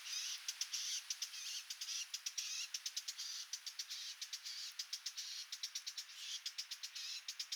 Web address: SETE data Sylvia atricapilla